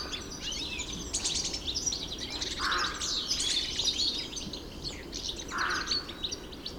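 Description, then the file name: European goldfinch twittering song in high, rapid chirps, with two short, lower calls. Recorded in the Hofgarten park, Landshut, Germany, on 3 February 2015. "Stieglitz 03 02 2015 Landshut Hofgarten Susanne Rieck"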